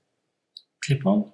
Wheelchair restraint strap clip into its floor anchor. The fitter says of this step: and is locked clip